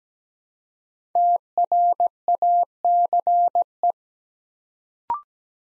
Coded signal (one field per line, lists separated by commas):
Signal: Morse code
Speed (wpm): 17 wpm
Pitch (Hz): 700 Hz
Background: none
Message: TRACE